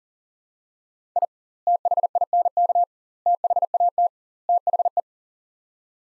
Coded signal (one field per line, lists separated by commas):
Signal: Morse code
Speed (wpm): 40 wpm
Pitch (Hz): 700 Hz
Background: none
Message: I THINK THAT THE